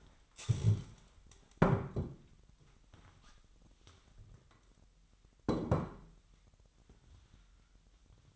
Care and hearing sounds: daily activity, microphone in the room; stand up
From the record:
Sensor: 3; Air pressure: 998.4 hPa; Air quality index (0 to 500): 128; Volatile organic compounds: 3 ppm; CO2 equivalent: 1524 ppm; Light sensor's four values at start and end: 10/23/10/10 and 12/25/11/13

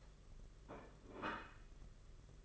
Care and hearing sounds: daily activity, microphone in the room; place plate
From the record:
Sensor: 4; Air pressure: 992.6 hPa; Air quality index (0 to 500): 135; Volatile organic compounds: 56 ppm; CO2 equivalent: 3374 ppm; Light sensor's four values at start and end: 19/65/24/25 and 19/65/24/25

